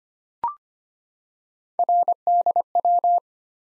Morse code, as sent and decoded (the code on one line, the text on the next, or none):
.-. -.. .--
RDW